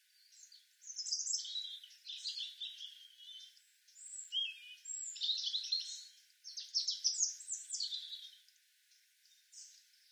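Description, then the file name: European robin song of dense, high jangling warbles running almost continuously, with a soft hiss underneath. "Erithacus rubecula"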